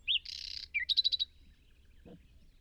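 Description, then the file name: Common nightingale song phrase: a clear whistled note, a harsh buzzy burst, then a quick series of rapid repeated notes, ending in near silence. "Luscinia megarhynchos"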